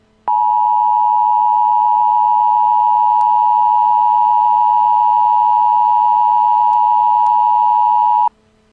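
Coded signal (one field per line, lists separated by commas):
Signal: Emergency Alert System (SAME) tones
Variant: 853 and 960 Hz attention tone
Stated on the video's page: Simulated Severe Thunderstorm Warning scenario.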